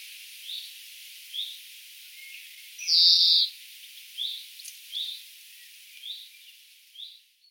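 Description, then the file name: European greenfinch giving one loud, buzzy, drawn-out wheeze midway, with soft short chirps repeated roughly every second before and after. "Chloris chloris"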